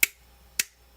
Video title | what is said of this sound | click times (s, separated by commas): Live Unboxing & Building Blokees Transformers Galaxy 02 | Then I'm going to go ahead and put it on his neck joint till I hear a click. | 0.0 s, 0.6 s